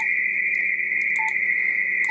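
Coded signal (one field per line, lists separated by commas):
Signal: RTTY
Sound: continuous warbling two-tone data buzz around 2 kHz, a brief lower beep midway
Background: faint clicks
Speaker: so I want memory that so that's just Oh CQ CQ CQ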